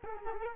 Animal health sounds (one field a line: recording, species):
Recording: mosquito wingbeat signal from an infrared sensor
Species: Culex quinquefasciatus